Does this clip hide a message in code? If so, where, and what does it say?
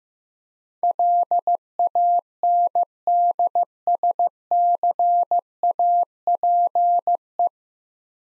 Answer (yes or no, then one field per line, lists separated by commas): yes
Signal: Morse code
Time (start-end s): 0.8-7.5 s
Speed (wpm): 15 wpm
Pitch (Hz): 700 Hz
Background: none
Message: LANDSCAPE